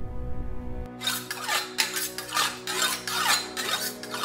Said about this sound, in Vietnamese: Âm thanh phát ra từ con dao phay chặt thịt đang cả qua cả lại trên cục đá mài cùng bộ dạng quái đản của hắn khiến những người đứng quanh đó đều rùng mình nổi da gà.